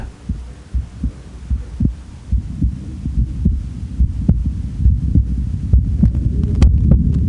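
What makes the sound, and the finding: Heart. Normal heartbeat.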